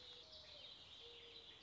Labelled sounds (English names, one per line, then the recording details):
Mourning Dove
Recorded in Sonoma County, California